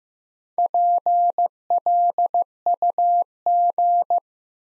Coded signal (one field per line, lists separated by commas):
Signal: Morse code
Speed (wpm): 15 wpm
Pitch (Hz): 700 Hz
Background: none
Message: PLUG